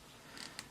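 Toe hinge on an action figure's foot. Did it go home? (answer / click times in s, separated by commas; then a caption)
yes / 0.6 s. A stiff toe hinge on the foot of a plastic S.H. Figuarts Kingdom Hearts II Final Form Sora action figure is bent, giving a brief rough creak of the joint grinding around 0.4 s. A sharp click at 0.6 s follows as the hinge pops into place, seated.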